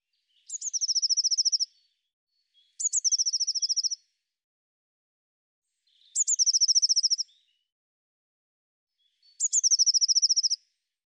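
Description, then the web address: Eurasian blue tit repeating a song of high introductory notes and a rapid ringing trill four times, each phrase about a second long, with pauses between. "cianscape birddata Deverinetal 2025 File cleaned normalized Bird Cy Ca"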